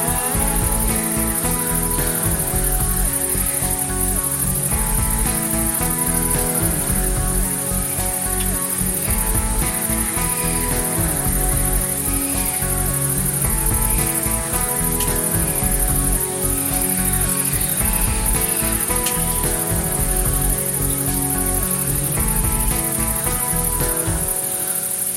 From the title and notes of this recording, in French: Une pause dans la nuit. On écoute les grillons et les grenouilles.